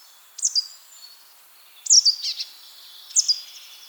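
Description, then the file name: Great tit song: three short phrases of sharp, high notes over a faint background hiss. "Parus major"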